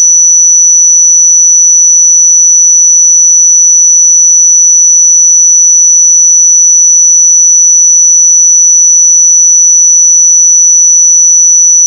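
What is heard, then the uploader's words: A pure sine tone at 5933 Hz holds perfectly steady for the full twelve seconds, a thin, piercing whistle high in pitch. Its loudness never wavers, with no pulsing or breaks, and nothing else is heard behind it. 5933 Hz 1 Hz Interval Sine Pure Tone Frequency 441000 Sample Mono.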